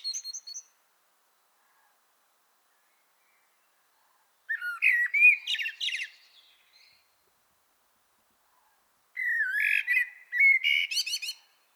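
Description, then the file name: Common blackbird song, two clear phrases of fluted, warbling whistles each ending in high, squeaky twitters, separated by several seconds of silence. "Turdus merula"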